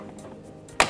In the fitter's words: kamu harus dorong sampai mendengarkan suara klik gitu, baru bisa digunakan.